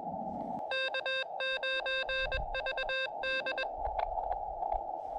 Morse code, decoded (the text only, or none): K9VD